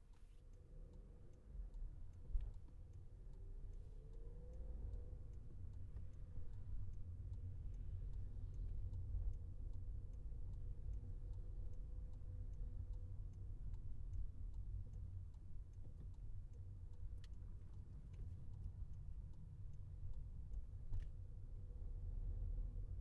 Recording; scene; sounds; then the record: everyday scene through a hearing-aid microphone; in a vehicle; engine, highway traffic jam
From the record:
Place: Skoda Fabia, gasoline engine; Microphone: behind the ear, left, rear